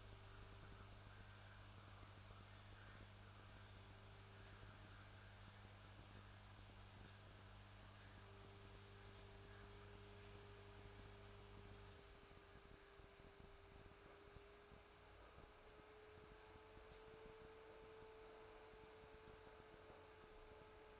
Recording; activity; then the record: daily activity, microphone in the room; make coffee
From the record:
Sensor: 2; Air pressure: 1014.6 hPa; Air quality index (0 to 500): 188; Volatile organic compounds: 17 ppm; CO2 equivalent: 2577 ppm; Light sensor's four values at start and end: 4/10/3/4 and 4/10/3/4